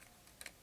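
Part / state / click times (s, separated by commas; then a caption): plastic cape/glider attachment into action figure back / seated / 0.4 s. A plastic cape/glider (parachute) piece, detached earlier, is put back and clipped onto the back of a 1/4-scale Hot Toys Batman The Dark Knight action figure. Small sharp ticking snaps are heard, with the clip seating at 0.4 s, and the piece stays in place but can be removed again.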